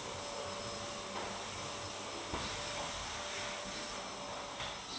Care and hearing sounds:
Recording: daily activity, microphone in the room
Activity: vacuum cleaning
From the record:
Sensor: 3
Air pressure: 1011.9 hPa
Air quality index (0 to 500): 236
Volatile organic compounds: 5 ppm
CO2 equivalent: 1750 ppm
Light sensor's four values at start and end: 11/26/11/11 and 11/26/10/10

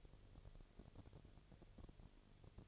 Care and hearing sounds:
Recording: daily activity, microphone in the room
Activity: no activity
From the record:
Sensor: 4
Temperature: 22.4 degrees Celsius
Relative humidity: 31.1%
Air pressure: 1004.1 hPa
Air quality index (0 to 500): 86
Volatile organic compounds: 1 ppm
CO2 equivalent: 772 ppm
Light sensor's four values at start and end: 2/3/1/1 and 2/3/1/1

